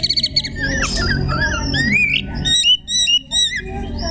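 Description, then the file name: Magpie-robin song: a jumble of slurred, wavering whistles and harsh notes, ending in several short clear whistles, over background noise. Song style called tembakan ngekek. "kacer tembakan ngekek"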